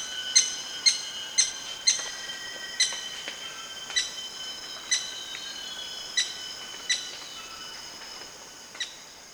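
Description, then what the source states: Maroon woodpecker calling with short, sharp notes, quick at first then spacing out to about one per second, against a constant shrill insect chorus. Recorded at Danum on 1 March 2008.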